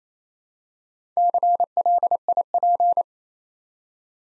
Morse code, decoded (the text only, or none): CLIP